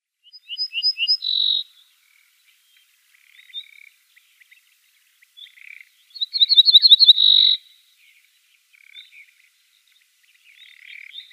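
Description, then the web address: Ortolan bunting song: two short phrases of ringing repeated notes ending in a drawn-out note, about five seconds apart, with faint soft chirps between them. "Schulze Peter Ortolan Bunting song"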